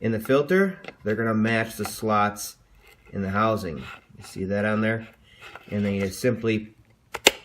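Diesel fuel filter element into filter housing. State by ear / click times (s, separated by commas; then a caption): seated / 7.3 s. Someone talks while a new diesel fuel filter element for a 2014-2016 Ram EcoDiesel is lined up so its slots match the slots in the plastic filter housing cap. The element is then pushed down into the housing until it snaps in place with a sharp click at 7.3 s, and it stays seated on its own.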